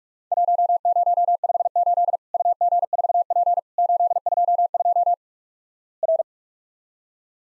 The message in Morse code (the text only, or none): 1058 UG4P 822 R